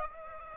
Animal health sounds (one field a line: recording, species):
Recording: mosquito wingbeat signal from an infrared sensor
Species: Aedes aegypti